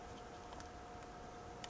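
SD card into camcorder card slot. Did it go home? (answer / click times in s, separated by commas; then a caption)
no / none. An SD memory card is handled at the card slot of a Bell and Howell DV200HD camcorder as it is about to be pushed in. Faint handling ticks sit over a steady high-pitched hum, with a brief sharper tick near 1.6 s. The card has not seated or clicked into place yet.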